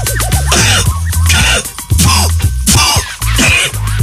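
coughing

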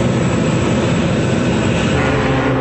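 airplane flying past

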